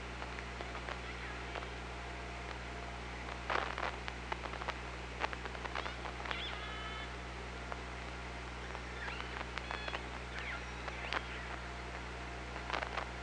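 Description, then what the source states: Orca calls and echolocation clicks underwater: dense clicking bursts, a short tonal call near the middle and further curving calls later, steady low hum throughout. Recorded on the OrcaLab hydrophone, 24 August 2017, 18:34.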